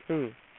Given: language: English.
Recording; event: throat vibration sensor signal played as sound; speech